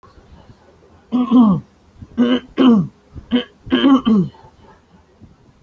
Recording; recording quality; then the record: heavy voluntary cough; poor, much background noise or distortion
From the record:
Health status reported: healthy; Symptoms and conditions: none ticked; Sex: male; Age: 26 years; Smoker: not ticked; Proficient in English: yes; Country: India